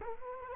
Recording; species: mosquito wingbeat signal from an infrared sensor; Culex quinquefasciatus